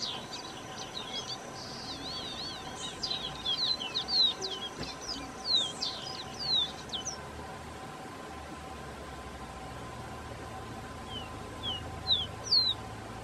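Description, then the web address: Copper seedeater giving high, quick descending whistles mixed with wavering warbled phrases, then a later short series of thin downward notes, with faint background hum. "Copper seedeater. صدای-پرنده-دانه-خوار-مسی"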